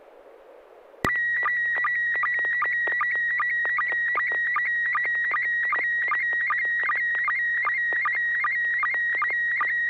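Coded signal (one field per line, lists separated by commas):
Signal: SSTV (slow-scan television)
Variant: PD 50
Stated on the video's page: SSTV images exchanged on an amateur radio net via a 441.300 MHz FM repeater, sent with MMSSTV software.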